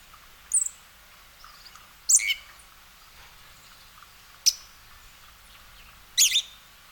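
Western red-legged thrush giving abrupt, high squeaky calls, some doubled, spaced irregularly around two seconds apart in a quiet setting.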